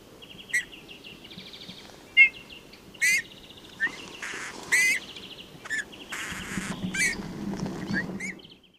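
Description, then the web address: Eurasian bullfinch song of creaky buzzy phrases and short piping whistles, irregularly spaced, with a low rumbling noise rising near the end. "chant xeno-canto bouvreuil pivoine"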